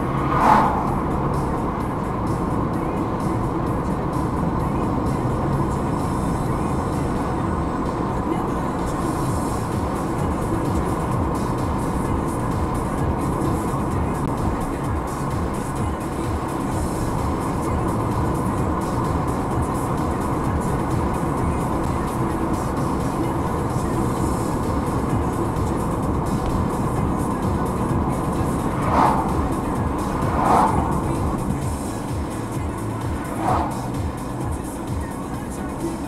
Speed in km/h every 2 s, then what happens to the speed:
65, 66, 67, 67, 68, 69, 68, 67, 69, 70, 71, 69, 65, 65, 63, 63, 62, 59.
0-21 steady at about 68. 21-26 slows to 65. 26-36 steady at about 63.